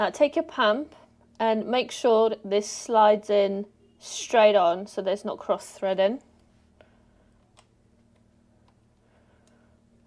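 Someone talks while lining up the threaded hose connector of a Lexin Smart Pump tyre pump on a motorcycle tyre valve stem, sliding it on straight to avoid cross-threading. Once the talking stops at about 6.2 s, faint ticks from the connector being twisted come at about 6.8, 7.6, 8.7 and 9.5 s. The connector has not popped or seated yet.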